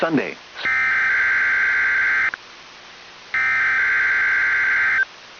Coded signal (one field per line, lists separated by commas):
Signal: Emergency Alert System (SAME) tones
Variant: header bursts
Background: speech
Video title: A Marginaly Cool Event | EAS Alerts from 8/26/26